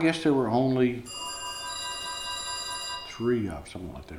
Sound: phone rings

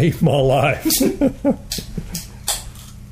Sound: laughing

